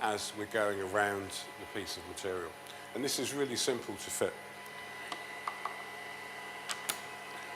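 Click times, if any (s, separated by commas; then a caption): 6.9 s. Someone talks while fitting the extra pressure roller attachment onto a Festool KA 65 edge bander, used to help apply pressure when going around circular pieces of material. After the talk stops, a few small knocks sound near 5.1, 5.5 and 5.7 seconds. The roller then clicks into place with a sharp click at 6.9 seconds, giving two-point contact on the circular workpiece.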